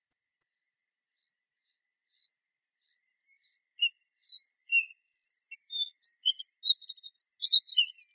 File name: bluethroat